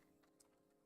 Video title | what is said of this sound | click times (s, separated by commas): UNBOXING STREAM- Jurassic World Dominion Minis, 4th Party MP-52+ Sywarp | don't think it's in all the way guys and uh it might be my fault | 0.4 s